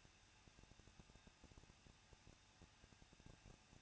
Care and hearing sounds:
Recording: daily activity, microphone in the room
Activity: no activity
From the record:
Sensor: 2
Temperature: 21.0 degrees Celsius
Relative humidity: 37.3%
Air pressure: 1006.4 hPa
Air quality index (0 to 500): 220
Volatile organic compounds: 23 ppm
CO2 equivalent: 2778 ppm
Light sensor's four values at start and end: 2/3/2/2 and 2/3/2/2

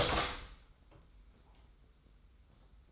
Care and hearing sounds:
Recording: daily activity, microphone in the room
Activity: open door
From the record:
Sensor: 3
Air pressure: 990.3 hPa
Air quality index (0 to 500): 168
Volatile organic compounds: 1000 ppm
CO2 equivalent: 5424 ppm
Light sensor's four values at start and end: 46/109/45/42 and 46/109/45/42

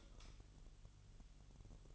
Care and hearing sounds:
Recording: daily activity, microphone in the room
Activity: light off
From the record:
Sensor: 4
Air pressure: 1008.7 hPa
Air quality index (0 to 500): 98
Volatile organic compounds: 1 ppm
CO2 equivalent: 734 ppm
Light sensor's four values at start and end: 12/28/11/11 and 12/26/10/10

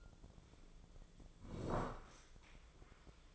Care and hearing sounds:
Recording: daily activity, microphone in the room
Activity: sit down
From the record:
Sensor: 5

